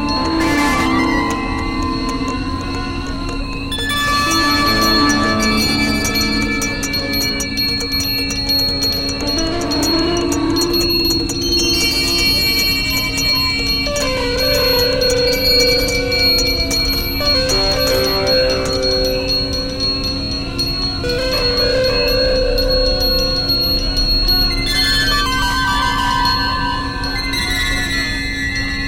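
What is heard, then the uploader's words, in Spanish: Electronic bells ring over a steady, unbroken drone: a low hum and a thin high whine hold throughout. Clusters of shimmering, bell-like tones swell in every few seconds, near 4, 10, 13, 15 to 18 and 25 seconds, layering bright ringing over warmer middle notes. Grabaciones de campo (campanas electrónicas y sonidos bucólicos).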